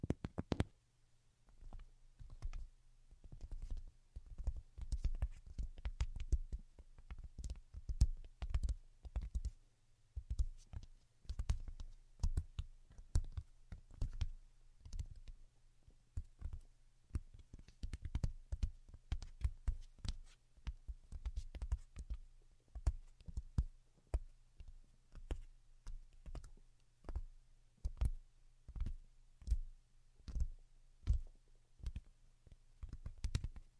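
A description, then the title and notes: Delicate tapping runs through the whole recording, a stream of short, crisp clicks in irregular clusters, sometimes quickening into rapid runs and then easing off. Each tap has a soft low thud beneath its bright click. A faint steady low hum sits underneath throughout. ASMR Most Delicate and Calming Tapping for Sleep (No Talking).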